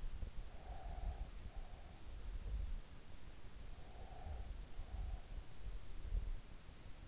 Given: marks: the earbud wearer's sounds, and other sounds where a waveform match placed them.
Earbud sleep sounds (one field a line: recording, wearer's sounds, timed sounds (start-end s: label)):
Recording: sounds in sleep by an in-ear microphone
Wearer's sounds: breath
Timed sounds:
0.51-2.47 s: breath
3.68-5.50 s: breath